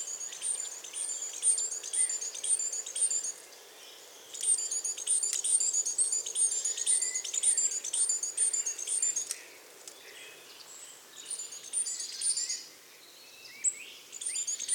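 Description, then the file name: Great tit calls: high, fast repeated chattering phrases in two long bursts, then quieter scattered notes and a few short clicks. "Parus major"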